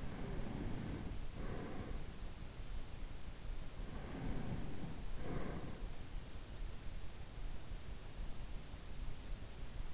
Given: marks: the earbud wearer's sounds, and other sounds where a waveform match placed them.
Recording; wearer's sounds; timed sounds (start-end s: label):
sounds in sleep by an in-ear microphone; breath
0.00-2.30 s: breath
3.61-6.27 s: breath